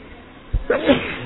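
A single sneeze: a brief catch of breath, then a loud, forceful burst with a voiced edge that trails off quickly.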